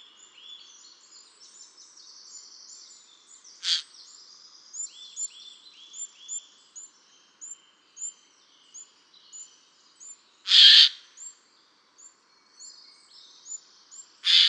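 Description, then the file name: Eurasian jay giving three harsh, rasping screeches spaced several seconds apart, the middle one loudest, over a background of thin high twittering songs from other small birds. "Garrulus glandarius"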